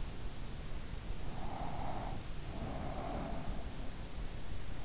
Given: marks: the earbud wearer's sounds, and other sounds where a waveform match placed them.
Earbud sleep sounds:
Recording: sounds in sleep by an in-ear microphone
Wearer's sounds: breath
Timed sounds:
1.37-3.60 s: breath

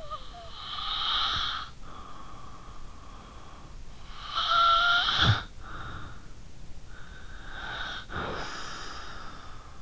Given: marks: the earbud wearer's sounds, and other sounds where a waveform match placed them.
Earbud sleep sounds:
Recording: sounds in sleep by an in-ear microphone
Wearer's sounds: snoring breath, breath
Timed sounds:
0.00-6.97 s: snoring breath
6.97-9.82 s: breath

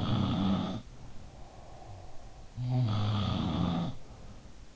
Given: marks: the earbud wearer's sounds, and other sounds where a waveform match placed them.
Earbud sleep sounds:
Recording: sounds in sleep by an in-ear microphone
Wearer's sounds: breath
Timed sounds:
0.00-1.97 s: sound from someone else or the room
1.12-4.57 s: breath
2.45-4.76 s: sound from someone else or the room

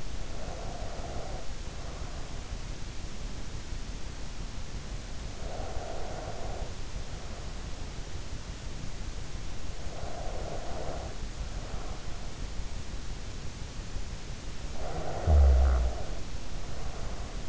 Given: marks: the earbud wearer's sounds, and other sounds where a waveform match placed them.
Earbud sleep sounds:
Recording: sounds in sleep by an in-ear microphone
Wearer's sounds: breath, snoring breath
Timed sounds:
0.18-2.75 s: breath
5.09-7.72 s: breath
9.78-12.46 s: breath
14.58-17.49 s: snoring breath

